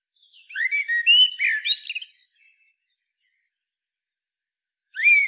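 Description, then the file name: Eurasian blackbird song: a mellow fluted warble rising and wavering, closing in a squeaky high twitter, then a new fluty phrase begins at the very end. "Turdus merula"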